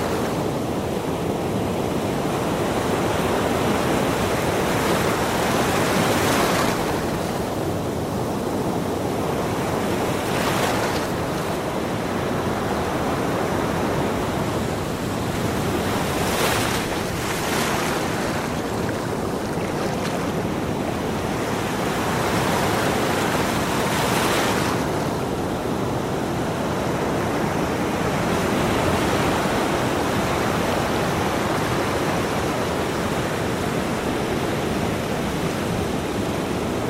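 Wind and ocean waves wash steadily against the shore in a dense, unbroken roar of surf. Brighter crashes rise out of it every few seconds, strongest near 6, 11, 16–18 and 24 seconds. A faint thin tone sits high above the rush throughout.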